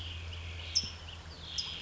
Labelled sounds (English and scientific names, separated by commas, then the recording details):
California Towhee (Melozone crissalis)
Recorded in Sonoma County, California